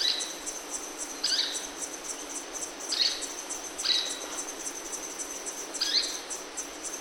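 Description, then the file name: Streaked flycatcher giving sharp, squeaky high notes about once every second or two, five in all, over a constant high insect drone. "bem te vi rajado canto"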